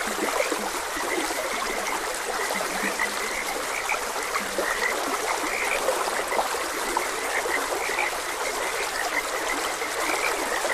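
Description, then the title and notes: Frogs croak in a dense, steady chorus, a few lower croaks near the start, beneath the even rush of flowing water. Frogs croaking beside a gentle stream. "Gentle Stream and Frogs Croaking. Sleep and Relaxation Podcast"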